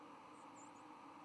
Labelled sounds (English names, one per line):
White-throated Sparrow flight call